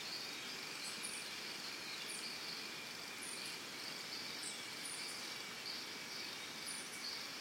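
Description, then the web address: Crickets chirping in a constant shrill drone, with quick high-pitched chirps sounding about once a second throughout. Early morning in a Costa Rica forest. "Big Room Sound Birds Crickets Costa Rica Early Morning"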